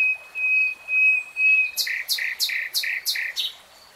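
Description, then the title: Nightingale song: three long pure whistles on one pitch, then several loud repeated notes, each a high chirp dropping onto a lower note. Real-time recording. "[Tiếng chim hót] Nightingale Singing"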